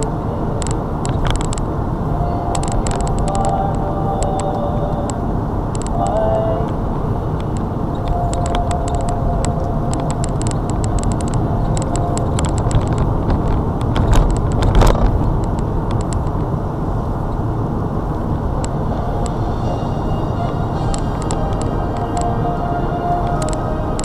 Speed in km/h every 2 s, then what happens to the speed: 61, 61, 60, 58, 58, 61, 64, 63, 61, 60, 61, 64.
0-8 steady at about 60. 8-11 speeds up to 64. 11-24 steady at about 61.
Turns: none.